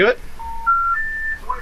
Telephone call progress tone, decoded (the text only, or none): special information tone